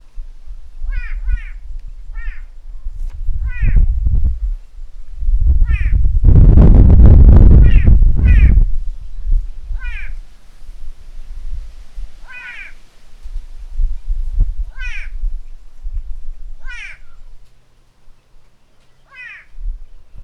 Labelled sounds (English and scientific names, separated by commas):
White-bellied Go-away-bird (Corythaixoides leucogaster)